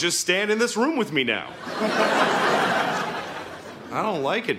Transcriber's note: laughter